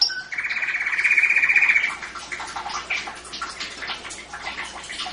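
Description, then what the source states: Canary song: a long buzzy trill for about a second and a half, then scattered chirps and quick notes at lower volume. Champion canary singing.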